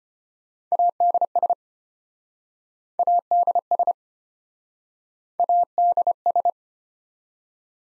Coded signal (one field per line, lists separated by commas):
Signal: Morse code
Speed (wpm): 33 wpm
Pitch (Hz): 700 Hz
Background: none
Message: ADS ADS ADS